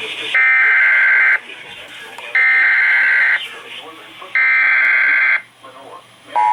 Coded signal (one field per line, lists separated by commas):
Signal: Emergency Alert System (SAME) tones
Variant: header bursts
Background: speech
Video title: GOTTA LOVE EMNET... EAS Alerts from 7/24/21 (EAS #5,936 - 5,942)